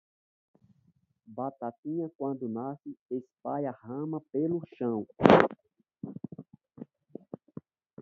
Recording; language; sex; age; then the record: short text; Brazilian Portuguese; male; 40 to 49 years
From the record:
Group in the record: control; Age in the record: 45 years